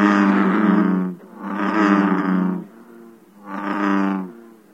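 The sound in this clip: American bullfrog calling: three deep, resonant droning notes, each lasting about a second, separated by short pauses.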